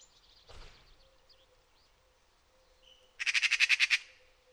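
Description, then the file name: Eurasian magpie chattering once near the end, a fast harsh rattle of rapid notes, after a brief low thump and a few faint chirps. "Pica pica"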